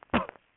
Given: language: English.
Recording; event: throat vibration sensor signal played as sound; cough